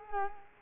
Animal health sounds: mosquito wingbeat signal from an infrared sensor; Culex quinquefasciatus

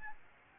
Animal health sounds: mosquito wingbeat signal from an infrared sensor; Aedes albopictus

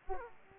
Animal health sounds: mosquito wingbeat signal from an infrared sensor; Aedes aegypti

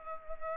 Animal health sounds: mosquito wingbeat signal from an infrared sensor; Culex pipiens

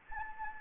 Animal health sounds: mosquito wingbeat signal from an infrared sensor; Anopheles gambiae

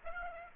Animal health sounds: mosquito wingbeat signal from an infrared sensor; Aedes aegypti

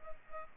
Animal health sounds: mosquito wingbeat signal from an infrared sensor; Culex pipiens

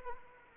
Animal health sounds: mosquito wingbeat signal from an infrared sensor; Anopheles arabiensis

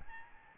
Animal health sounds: mosquito wingbeat signal from an infrared sensor; Aedes albopictus

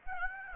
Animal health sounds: mosquito wingbeat signal from an infrared sensor; Aedes aegypti

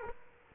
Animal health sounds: mosquito wingbeat signal from an infrared sensor; Aedes aegypti

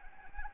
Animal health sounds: mosquito wingbeat signal from an infrared sensor; Anopheles arabiensis

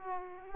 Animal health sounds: mosquito wingbeat signal from an infrared sensor; Aedes aegypti

